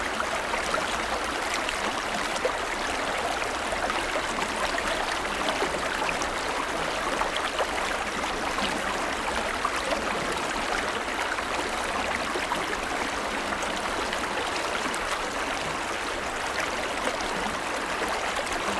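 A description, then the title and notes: A gentle stream runs steadily, its water a dense, even babble of tiny splashes and trickles that never pauses. The sound sits mostly in the middle and upper range, with little low rumble and no separate events standing out. Soothing meditation episode crafted to ease you into a peaceful slumber using the calming sounds of a gentle water stream.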